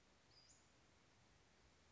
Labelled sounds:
Western Flycatcher (Empidonax difficilis)
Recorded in Sonoma County, California

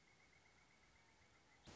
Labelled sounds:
Pileated Woodpecker (Dryocopus pileatus)
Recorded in Sonoma County, California

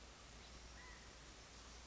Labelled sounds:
California Quail (Callipepla californica)
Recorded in Sonoma County, California

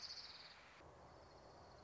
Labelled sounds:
Orange-crowned Warbler (Leiothlypis celata)
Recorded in Sonoma County, California

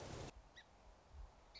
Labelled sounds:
Song Sparrow (Melospiza melodia)
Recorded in Sonoma County, California

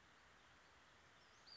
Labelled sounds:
Western Flycatcher (Empidonax difficilis)
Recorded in Sonoma County, California

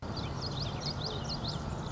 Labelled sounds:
Common Yellowthroat (Geothlypis trichas)
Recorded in Sonoma County, California

